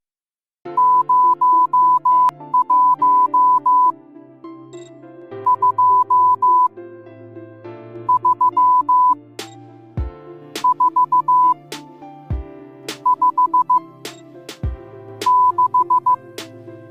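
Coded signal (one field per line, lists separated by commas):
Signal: Morse code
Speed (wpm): 15 wpm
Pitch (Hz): 1000 Hz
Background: music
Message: 0 1 2 3 4 5 6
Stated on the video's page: Morse code sound effects for numbers.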